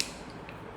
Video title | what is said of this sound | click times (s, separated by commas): New Hair Care Launch on www.isleofskin.com | hear that? You will hear a clicking sound | 0.0 s